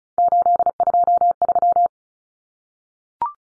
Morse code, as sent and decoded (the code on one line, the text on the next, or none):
---.. ..--- ...--
823